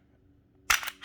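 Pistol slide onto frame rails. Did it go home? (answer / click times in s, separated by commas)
yes / 0.7 s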